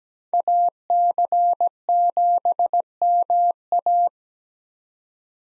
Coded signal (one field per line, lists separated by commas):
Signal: Morse code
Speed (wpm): 17 wpm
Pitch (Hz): 700 Hz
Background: none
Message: AC7MA